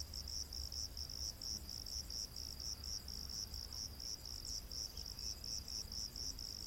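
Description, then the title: Cricket song of high buzzy chirps in uneven bursts, a little over one per second, above a low rumbling background. Crickets in a rainforest at night. "Crickets of the Rainforest 🌿. Exotic Insect Orchestra"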